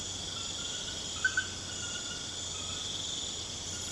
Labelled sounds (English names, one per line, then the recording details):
none
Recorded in pastures near Puerto Asís, Putumayo, Colombia, on 24 March 2025 at 23:30
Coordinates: 0.472, -76.329
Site G074